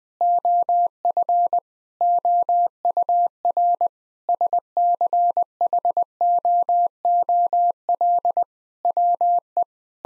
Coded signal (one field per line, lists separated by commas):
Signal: Morse code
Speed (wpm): 20 wpm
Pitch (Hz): 700 Hz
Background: none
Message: OF OUR SCHOOL WE